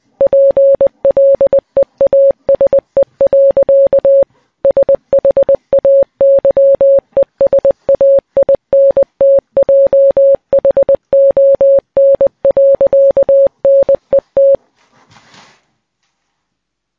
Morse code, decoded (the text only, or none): PLEASE. SHAYESAINTJHON.NET